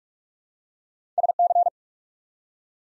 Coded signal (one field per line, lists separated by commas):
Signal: Morse code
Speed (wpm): 44 wpm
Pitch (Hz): 700 Hz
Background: none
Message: SC